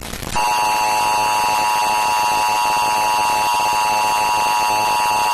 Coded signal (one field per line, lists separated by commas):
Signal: Emergency Alert System (SAME) tones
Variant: 853 and 960 Hz attention tone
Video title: Loud EAS alarm (recommend turning down volume)